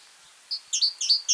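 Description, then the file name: Great tit calling with a quick series of several high, sharp chirps, with no other clear sounds. "Parus major"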